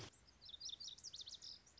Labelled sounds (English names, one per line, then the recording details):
Lazuli Bunting
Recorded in Sonoma County, California